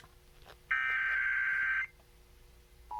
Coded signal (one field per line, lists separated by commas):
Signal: Emergency Alert System (SAME) tones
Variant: header bursts